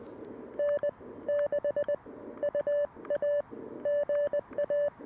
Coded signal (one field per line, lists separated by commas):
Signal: Morse code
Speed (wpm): 20 wpm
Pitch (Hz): 580 Hz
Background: none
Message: N6UA GA